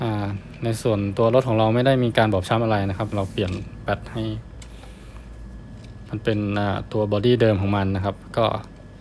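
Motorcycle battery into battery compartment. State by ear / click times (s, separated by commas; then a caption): not seated / none. A rebuilt lithium iron phosphate motorcycle battery, housed in its original battery case, is fitted back into the motorcycle's battery compartment while someone talks. Two brief sharp sounds come at 4.6 s and 5.8 s during a pause in the talk. Nothing has seated yet, and the pack is not yet home in its holder when the clip ends.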